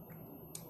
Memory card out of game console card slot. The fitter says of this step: нажимаете до щелчка она выезжает вытаскивается